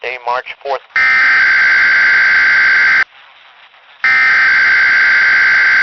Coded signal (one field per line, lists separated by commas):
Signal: Emergency Alert System (SAME) tones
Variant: header bursts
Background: speech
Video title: The Final RMT of Weatherradio Canada. [EAS 10-11]